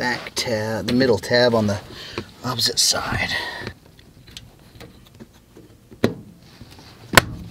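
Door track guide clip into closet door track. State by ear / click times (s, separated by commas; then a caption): seated / 7.2 s. A flathead screwdriver pushes the plastic snap-and-lock track piece of a sliding RV closet door, a door track guide clip, into the closet door track on the second side while someone talks over the first few seconds. After speech stops, quiet scraping and small ticks follow, then a louder tick near 6.0 s. A sharp snap at 7.2 s marks the hooks seating into the track.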